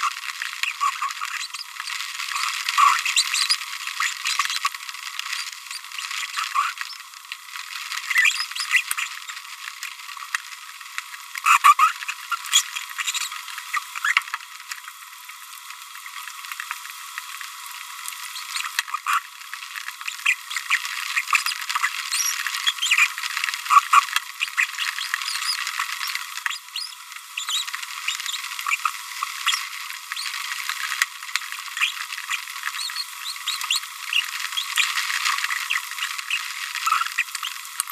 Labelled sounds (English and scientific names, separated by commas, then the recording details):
Green-rumped Parrotlet (Forpus passerinus) babbling
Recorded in a nest box in Venezuela
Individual 18B25A5